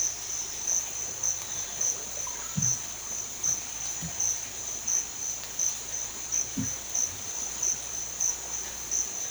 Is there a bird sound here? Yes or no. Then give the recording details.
no. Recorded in dense forest near Puerto Asís, Putumayo, Colombia, on 20 December 2024 at 06:30. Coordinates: 0.467, -76.328. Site GP05